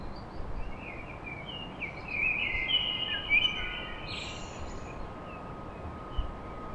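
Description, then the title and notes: Common blackbird song: a long, melodious warbled phrase building into a thin high flourish, surrounded by a steady wash of background noise. Blackbird song at dawn in Paris. "Blackbird Poetry At Paris On. Enregistrement d'un chant de merle à l'aube dans Paris"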